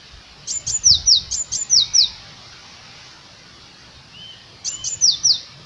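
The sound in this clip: Eurasian blue tit giving bursts of thin, high notes, each bout a few sharp ticks followed by quick down-slurred whistles, three phrases, the last after a pause.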